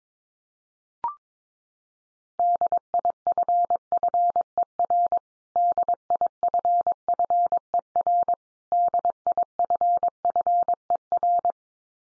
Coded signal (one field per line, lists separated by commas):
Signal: Morse code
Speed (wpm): 22 wpm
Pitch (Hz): 700 Hz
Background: none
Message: DIFFER DIFFER DIFFER